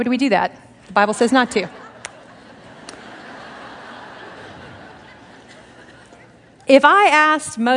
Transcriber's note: laughter